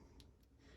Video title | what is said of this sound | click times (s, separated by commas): Scrappy Chit Chat Intro to Stampin’ Sunday Stampin Up Announcement and Haul Unboxing | and it like kind of locks into place. | 0.2 s